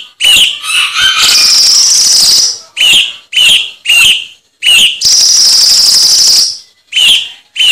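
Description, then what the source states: Cucak cungkok: rapid irregular sharp chirps with bent upward notes, interrupted by two drawn-out harsh buzzy bursts. Masteran tutor song used for training songbirds.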